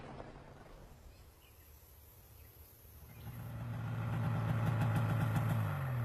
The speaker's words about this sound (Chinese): 下午金深水骑着摩托车去密码处的库房